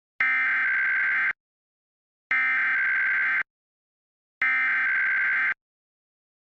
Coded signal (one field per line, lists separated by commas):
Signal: Emergency Alert System (SAME) tones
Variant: header bursts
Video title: (EAS #36) | Connecticut Required Monthly Test| 04/19/2023 or 04/20/2023